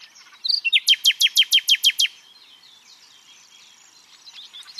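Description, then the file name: Common nightingale song phrase: a rapid series of loud, evenly spaced notes, followed by quieter, softer twittering. "Luscinia megarhynchos"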